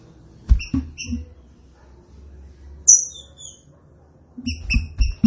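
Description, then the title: Green-winged saltator giving clipped whistled notes in brief groups, a high slurred whistle in the middle, then a fast run of notes with soft thumps below. Classic song style (canto clássico), presented as a training recording. "Canto Clássico Trinca Ferro TREINAMENTO"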